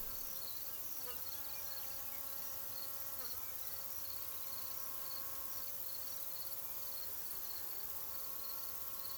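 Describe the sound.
Crickets give rapid pulsed chirps throughout, with several steady sustained tones beneath them.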